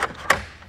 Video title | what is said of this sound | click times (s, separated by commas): New Age Handover | switch is moving there so all the way up until you hear the click then when she's up in that position you | 0.3 s